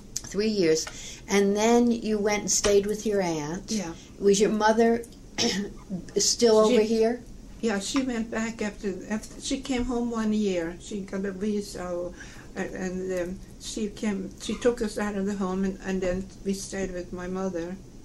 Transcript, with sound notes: Three years. And then you went and stayed with your aunt. Was your mother (clears throat) still over here?
Yeah, she went back after - aft - she came home one year, she got a visa, and she came - she took us out of the home and - and then we stayed with my mother